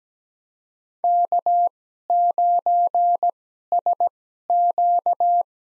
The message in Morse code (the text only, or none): K9SQ